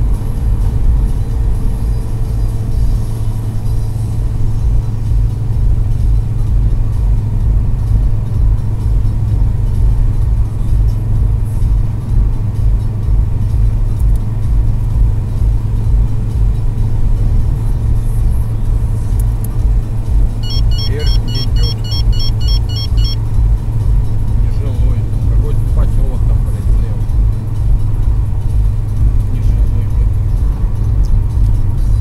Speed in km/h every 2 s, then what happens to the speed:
87, 85, 83, 82, 81, 81, 81, 83, 84, 85, 85, 84, 82, 80, 79, 78.
0-7 slows to 81. 7-20 steady at about 83. 20-32 slows to 78.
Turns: none.